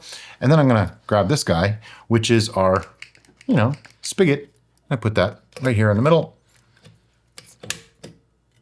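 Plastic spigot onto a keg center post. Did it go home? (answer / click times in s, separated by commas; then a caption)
yes / 7.7 s. Someone talks while a plastic spigot is pressed onto the center post of a small keg cap. A few small taps follow, then a sharp snap at 7.7 s as the spigot seats on the post, the snap that shows the seal is good.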